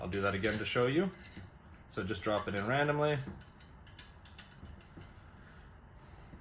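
Someone talks, then a trumpet piston valve is dropped randomly into its valve casing, giving a few light metallic knocks around 4.0 to 4.4 seconds. The valve is only being handled before it is twisted clockwise, and nothing has clicked into place yet.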